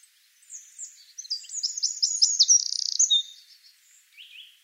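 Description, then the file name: Eurasian wren singing: quiet high notes build into a fast, loud, rattling trill near the middle, ending with a short descending note. "Troglodytes troglodytes"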